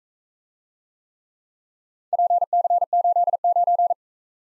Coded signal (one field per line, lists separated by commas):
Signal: Morse code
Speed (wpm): 44 wpm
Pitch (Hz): 700 Hz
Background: none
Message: PC89